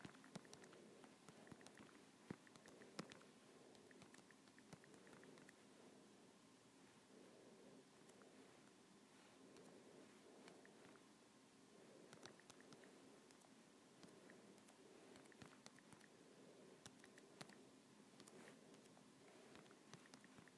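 Fingers tap on an iPad screen in short, sharp clicks that come irregularly across the whole clip, with a sharper tap near the three-second mark. Beneath them runs a steady, low murmur of background noise that stays level throughout.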